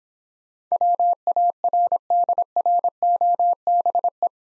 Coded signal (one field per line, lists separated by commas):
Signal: Morse code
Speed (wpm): 26 wpm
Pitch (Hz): 700 Hz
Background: none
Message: WARDROBE